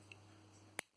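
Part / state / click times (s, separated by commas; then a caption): fountain pen cap onto the pen barrel / seated / 0.8 s. A metal cap is pushed home onto the barrel of a Jinhao X450 fountain pen over a low steady hum, with a faint tick at 0.1 s. It snaps into place with a sharp, bright click at 0.8 s, and the cap is seated, though the tight fit will probably loosen with wear.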